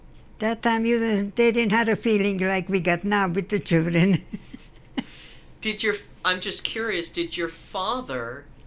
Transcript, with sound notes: that time they didn't have a feeling like we got now with the children. (Laughs)
Did you're... I'm just curious, did your father